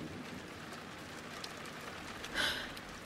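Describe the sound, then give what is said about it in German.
Rain that had eased suddenly drums steadily on a roof again as a soft, even hiss of countless drops, with one brief, brighter burst of spatter near the end. “Der Regen, der es nachgelassen hatte, plätterte plötzlich aufs Dach wie nach einem Donnerschlag.”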